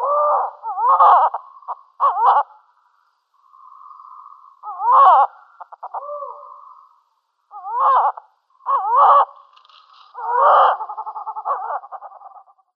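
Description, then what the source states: Tawny owl display: wavering, quavering hoots and drawn-out steady tones come in separate bursts with pauses between them. Subspecies mauritanica; display.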